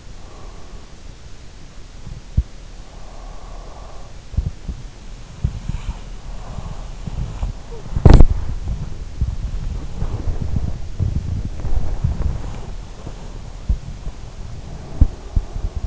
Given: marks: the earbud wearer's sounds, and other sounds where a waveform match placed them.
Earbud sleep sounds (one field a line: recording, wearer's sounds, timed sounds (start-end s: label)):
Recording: sounds in sleep by an in-ear microphone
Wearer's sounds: body movement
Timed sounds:
0.14-15.87 s: body movement
2.26-8.57 s: sound from someone else or the room